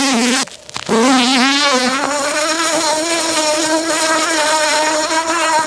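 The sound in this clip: Bumblebee buzzing, a brief gap near the start, then a strong, rather high humming drone that wobbles gently in pitch.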